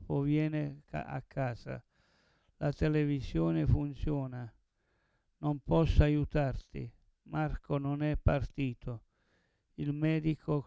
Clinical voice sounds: read phrases; Italian; male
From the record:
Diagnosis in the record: Parkinson's disease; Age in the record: 70 years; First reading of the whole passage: 112 s, 4.6 characters per second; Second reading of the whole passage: 107 s, 4.9 characters per second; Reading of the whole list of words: 68 s, 4.1 characters per second

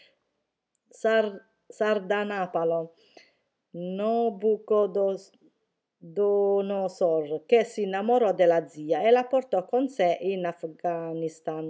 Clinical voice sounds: read passage; Italian; female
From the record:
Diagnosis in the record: healthy control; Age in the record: 61 years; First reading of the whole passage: 59 s, 8.5 characters per second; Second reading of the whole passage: 54 s, 7.6 characters per second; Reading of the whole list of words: 57 s, 4.9 characters per second

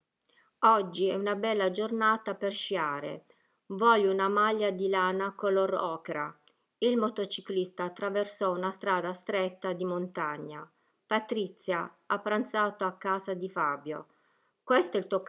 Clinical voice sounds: read phrases; Italian; female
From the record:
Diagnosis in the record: healthy control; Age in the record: 61 years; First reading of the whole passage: 67 s, 7.7 characters per second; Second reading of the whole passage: 54 s, 9.6 characters per second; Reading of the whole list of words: 44 s, 6.4 characters per second

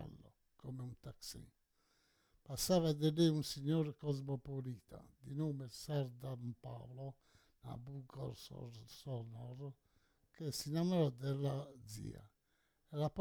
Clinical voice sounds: read passage; Italian; male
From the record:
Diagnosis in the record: Parkinson's disease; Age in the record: 68 years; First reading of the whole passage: 84 s, 6.2 characters per second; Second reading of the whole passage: 63 s, 8.2 characters per second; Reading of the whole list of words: 57 s, 5.0 characters per second

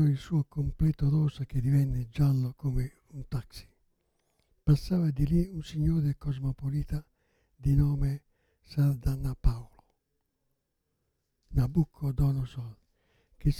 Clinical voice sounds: read passage; Italian; male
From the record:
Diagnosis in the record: Parkinson's disease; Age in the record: 77 years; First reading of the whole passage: 65 s, 8.0 characters per second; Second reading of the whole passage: 61 s, 8.5 characters per second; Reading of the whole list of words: 50 s, 5.6 characters per second

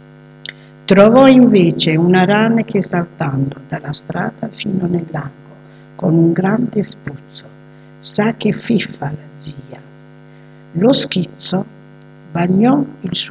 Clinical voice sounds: read passage; Italian; female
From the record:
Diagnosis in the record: healthy control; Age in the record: 62 years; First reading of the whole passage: 101 s, 4.7 characters per second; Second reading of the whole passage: 77 s, 5.9 characters per second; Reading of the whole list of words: 66 s, 3.9 characters per second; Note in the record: marked for poor recording quality or reading difficulty

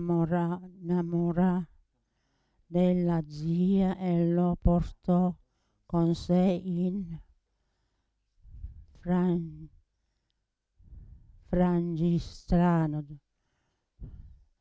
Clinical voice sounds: read passage; Italian; female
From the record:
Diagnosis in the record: Parkinson's disease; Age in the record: 80 years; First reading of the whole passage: 169 s, 3.1 characters per second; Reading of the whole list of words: 101 s, 2.8 characters per second

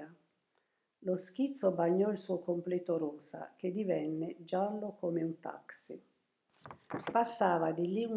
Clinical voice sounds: read passage; Italian; female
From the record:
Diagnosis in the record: healthy control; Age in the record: 72 years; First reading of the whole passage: 67 s, 7.5 characters per second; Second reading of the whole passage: 67 s, 7.5 characters per second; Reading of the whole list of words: 68 s, 4.2 characters per second

